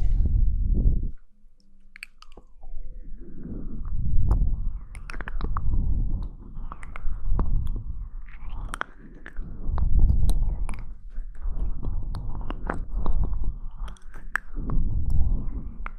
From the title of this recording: Mouth Sounds